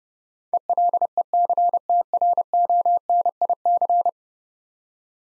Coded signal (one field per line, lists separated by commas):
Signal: Morse code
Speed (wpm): 30 wpm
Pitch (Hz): 700 Hz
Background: none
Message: ELECTRONIC